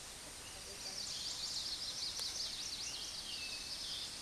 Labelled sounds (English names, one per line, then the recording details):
Chestnut-sided Warbler song
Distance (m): 50 m
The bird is about 5 m above the microphone
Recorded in a Pennsylvania forest on 16 May 2024 at 09:07
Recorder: AudioMoth, point MSD-2234
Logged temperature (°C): 16.4 °C
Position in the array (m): 20 m, 24 m